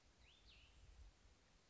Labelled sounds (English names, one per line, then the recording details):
Cassin's Vireo
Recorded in Sonoma County, California